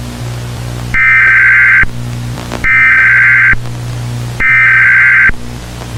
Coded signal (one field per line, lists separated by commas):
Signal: Emergency Alert System (SAME) tones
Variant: header bursts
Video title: The evolution of my EAS mocks after 1 month.